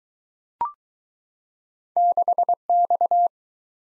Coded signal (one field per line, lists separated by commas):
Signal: Morse code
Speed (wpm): 20 wpm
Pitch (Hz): 700 Hz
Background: none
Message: 6X